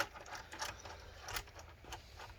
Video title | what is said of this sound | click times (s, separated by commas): DELL Inspiron 15 3558 Disassembly RAM SSD Hard Drive Upgrade Repair Battery Keyboard Replacement | Alright, we got all of that locked into place. | 0.5 s, 1.9 s